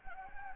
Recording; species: mosquito wingbeat signal from an infrared sensor; Anopheles gambiae